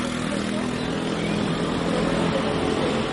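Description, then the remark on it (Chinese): Lisbon's No. 28 tram arrives at and departs from a street-corner stop, rumbling steadily with a low droning motor hum and a broad wash of mechanical noise that holds at a fairly even loudness for a few seconds, with no voices; recorded on a small recorder. “站在街角的站牌前，我试着用小录音机收下电车驶进跟开离的声音。”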